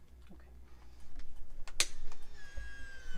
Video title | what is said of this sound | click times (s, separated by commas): Fall2023 Priming programming initiating primary infusion | okay and then this tab here we're going to push it in there and you can hear it clicks | 1.8 s